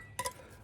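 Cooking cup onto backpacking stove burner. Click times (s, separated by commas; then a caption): 0.2 s. A JetBoil cooking cup is fitted onto its backpacking stove burner and locks in place with a short, bright metallic clink at 0.2 s, followed by a second ringing tap just after. The cup is seated and locked on the burner.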